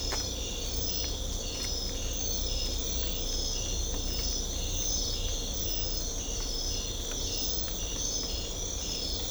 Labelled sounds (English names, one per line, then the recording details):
none
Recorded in secondary vegetation near Puerto Asís, Putumayo, Colombia, on 18 December 2024 at 03:30
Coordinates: 0.500, -76.326
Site G065